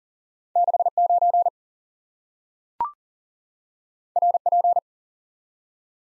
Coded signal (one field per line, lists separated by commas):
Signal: Morse code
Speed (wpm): 38 wpm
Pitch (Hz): 700 Hz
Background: none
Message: 69 RP